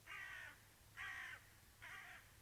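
Crow giving three hoarse caws about a second apart, each slightly drawn out, over a low steady hum.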